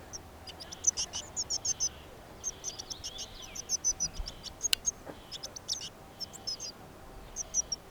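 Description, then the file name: Eurasian blue tit calls: bursts of rapid, high, thin chattering notes repeated in clusters throughout, with a faint steady background hiss. "Cyanistes caeruleus"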